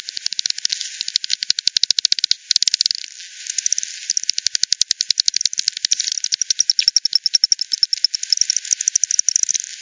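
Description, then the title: Bat echolocation calls: continuous trains of rapid clicks from several bats, with a brief lull before the pulses resume. Multiple bats at Hogsmill River, Hogsmill Lane, 7 October 2020 at 18:10; recorded with a frequency-division bat detector, bandpass filtered and resampled. "bat 20201007 T 18 : 10 Z-Hogsmill-Lane-Hogsmill-River-multiple-bats"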